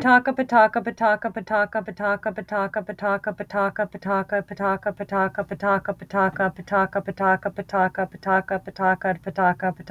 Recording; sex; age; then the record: repeated syllables /pa ta ka/; female; 40 to 49 years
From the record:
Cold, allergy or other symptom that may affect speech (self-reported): no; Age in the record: 41 years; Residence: New Hampshire, United States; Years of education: 14